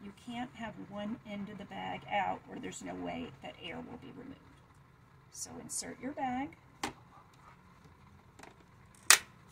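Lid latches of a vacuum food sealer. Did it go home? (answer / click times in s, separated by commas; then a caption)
yes / 9.1 s. Someone talks while a bag is inserted into an Ambiano vacuum food sealer. The sealer's plastic lid is then pushed down firmly until the latches on each side click shut, with a sharp click at 9.1 s, and the lid is seated.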